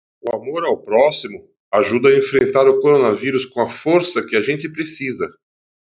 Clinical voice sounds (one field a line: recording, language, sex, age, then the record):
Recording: spoken sentence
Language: Brazilian Portuguese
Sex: male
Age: 40 to 49 years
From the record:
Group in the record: control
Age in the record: 44 years